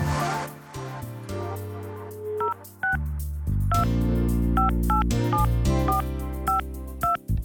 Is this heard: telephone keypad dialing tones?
yes